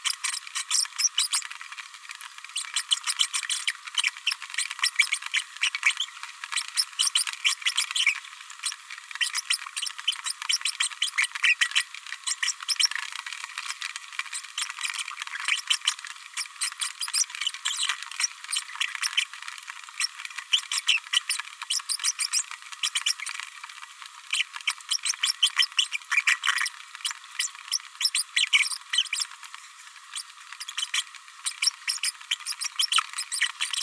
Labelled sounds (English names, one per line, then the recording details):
Green-rumped Parrotlet babbling
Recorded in a nest box in Venezuela
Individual 18B104A3